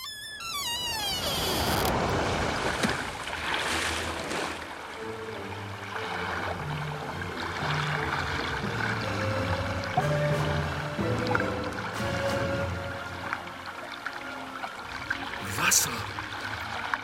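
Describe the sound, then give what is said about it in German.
Water flows and trickles steadily for the whole stretch, heard through an open window, a continuous rushing wash with low murmuring undertones, opening with a brief descending whistle-like sweep. “Wasser! Und diese Vogelfetzen!”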